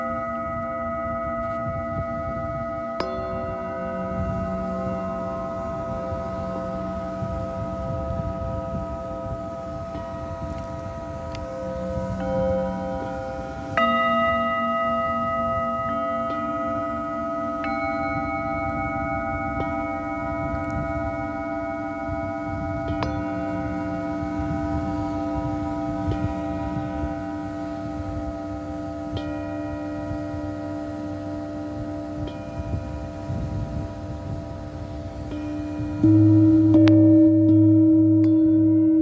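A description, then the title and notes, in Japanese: Singing bowls ring out in a sound healing session, long sustained tones layering and overlapping, with new strikes around 3, 14, 23 and 36 seconds. A low rumbling murmur, likely beach surf or wind, runs underneath, swelling near the end. メキシカンカリブのビーチにてシンギングボウルのサウンドヒーリングの会を開催してます。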